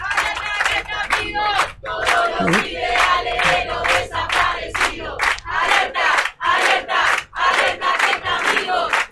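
A large crowd shouts the chant "Son 30.000" in unison, loud, repeated bursts of voices rising and falling in a steady beat, with no other sounds standing out.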